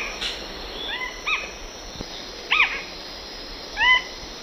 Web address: Natures Songs S America Eastern Lowlands Synallaxis gujanensis, songs 2 birds